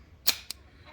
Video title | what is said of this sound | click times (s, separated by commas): ~^~FOLDABLE E-BIKE~^~ ONEBOT S6L | all right once it's adjusted you'll see it actually clicks into place | 0.5 s